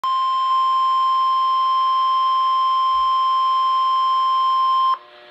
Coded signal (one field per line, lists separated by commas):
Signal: Emergency Alert System (SAME) tones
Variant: 1050 Hz attention tone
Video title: Severe Thunderstorm Warning [EAS #271] 6/14/15